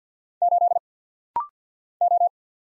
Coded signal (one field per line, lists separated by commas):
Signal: Morse code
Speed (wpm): 48 wpm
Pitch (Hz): 700 Hz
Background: none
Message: 8 O